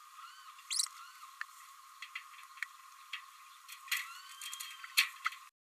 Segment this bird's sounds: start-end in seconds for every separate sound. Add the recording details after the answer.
0.70-0.86. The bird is a female. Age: 29 days. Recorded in a nest box in Venezuela. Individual 17B32A5